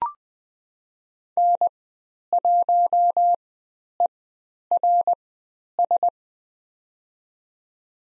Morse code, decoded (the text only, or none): N1ERS